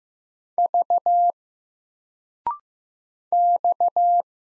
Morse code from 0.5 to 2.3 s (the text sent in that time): V